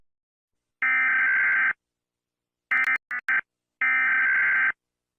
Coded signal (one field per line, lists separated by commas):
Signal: Emergency Alert System (SAME) tones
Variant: header bursts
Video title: Rating MORE Fictional EAS Alarms (Part 10)